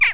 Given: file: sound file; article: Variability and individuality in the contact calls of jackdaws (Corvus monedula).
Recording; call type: jackdaw call; harmonic